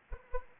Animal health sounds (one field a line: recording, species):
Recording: mosquito wingbeat signal from an infrared sensor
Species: Anopheles arabiensis